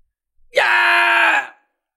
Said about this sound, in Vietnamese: Có người hét lớn vì cảm nhận được sự đau nhức, loại đau đớn này lan tràn tiến thẳng vào trong linh hồn, bọn họ không cách nào chịu đựng nổi.